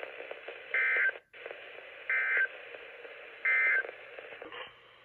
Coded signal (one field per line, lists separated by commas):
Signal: Emergency Alert System (SAME) tones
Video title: Raleigh, Im from Virginia, Not North Carolina (5/1/22) (EAS #137-141)